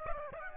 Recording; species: mosquito wingbeat signal from an infrared sensor; Aedes aegypti